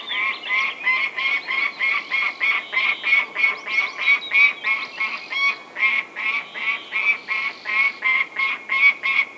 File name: Gyrfalcon - Falco rusticolus